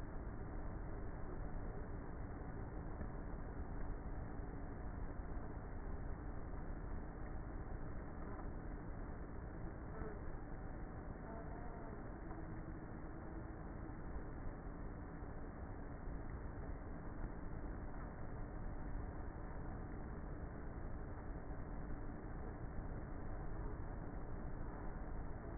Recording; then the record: honeybee colony, microphone inside the hive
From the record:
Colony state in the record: queenless with a low population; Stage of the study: before two queens were removed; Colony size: about 30,000 bees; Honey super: no